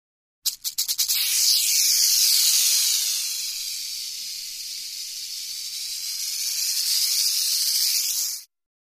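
Rattlesnake rattle: a few quick clicks speed up into a steady, dry, hissing buzz held for several seconds, then cut off abruptly.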